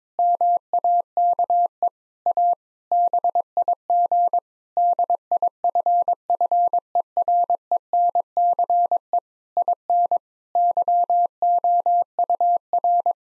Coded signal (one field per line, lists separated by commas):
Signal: Morse code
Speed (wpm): 22 wpm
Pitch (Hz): 700 Hz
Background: none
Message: MAKE A BIG DIFFERENCE IN YOUR